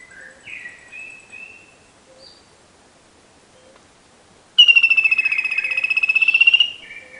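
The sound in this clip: Bird calling: soft scattered chirps, then a loud two-second trill on one high pitch, rapidly pulsing throughout.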